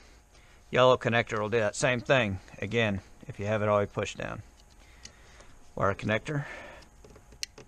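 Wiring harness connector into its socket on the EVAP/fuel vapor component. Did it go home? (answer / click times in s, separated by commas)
yes / 7.4 s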